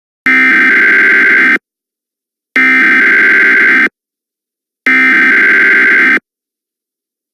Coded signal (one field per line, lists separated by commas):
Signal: Emergency Alert System (SAME) tones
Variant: header bursts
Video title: EAS Scenario: Under the Moon's Light Part 2